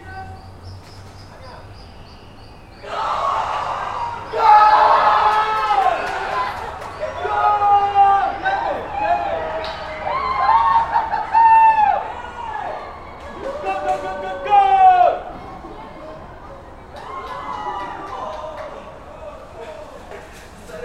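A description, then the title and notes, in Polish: People out on a street react to a goal: after about three quiet seconds over a low hum, a burst of overlapping shouts and whoops erupts. The yelling swells in waves, peaking around five, eleven and fifteen seconds, then thins to scattered calls. Mecz Polska Portugalia. Zarejestrowane na ulicy Ciepłej. Reakcja na gol Roberta Lewandowskiego. Rekorder, mikrofon: sony pcm d50, mic rode nt4, FEL BMA preamplifier.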